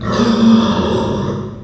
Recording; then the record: squeal of a Yucatan mini pig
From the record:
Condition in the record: after surgery on the right vocal fold (resection and tissue-engineered implant); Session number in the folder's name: 17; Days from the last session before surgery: 195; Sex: female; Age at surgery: 19 weeks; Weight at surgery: 25 kg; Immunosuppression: prednisolone